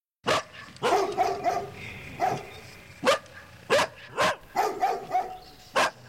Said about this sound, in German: Da höre ich Hundegebell.